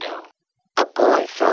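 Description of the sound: Short bursts of speech-like sound with a buzzy, noisy texture and no low pitch, split by a pause, so the words cannot be made out. This simulates speech heard through a cochlear implant as the number of channels decreases from 32 down to 1; with only a few channels left, speech detail is lost.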